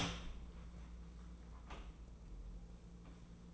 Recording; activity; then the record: daily activity, microphone in the room; open door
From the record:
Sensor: 1